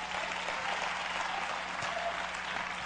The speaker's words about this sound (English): Give God a big hand clap.